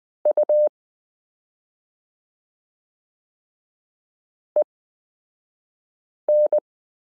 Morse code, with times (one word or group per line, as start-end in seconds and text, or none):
0.3-0.7 U
4.6-6.6 EN